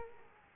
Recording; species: mosquito wingbeat signal from an infrared sensor; Culex quinquefasciatus